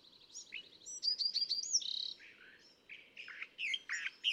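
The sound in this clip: California thrasher song, a quieter run of mixed chirps, slurred whistles and scratchy notes delivered in quick varied phrases over a soft steady background hiss.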